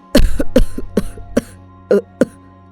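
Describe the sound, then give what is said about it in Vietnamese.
A sick young man clutching his chest coughs heavily in a rough, repeated fit of about seven harsh bursts, the first ones tightly clustered, then a pause before two final hacking coughs. “Nói đến đây, cậu lại ôm ngực, ho sù sụ.”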